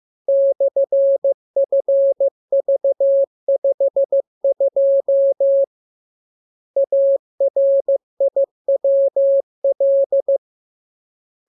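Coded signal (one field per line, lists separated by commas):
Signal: Morse code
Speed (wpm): 15 wpm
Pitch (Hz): 550 Hz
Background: none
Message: /FV52 ARIWL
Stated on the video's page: Morse lesson radiogram practicing letters, numbers and punctuation, opened with VVV and section sign, closed with AR.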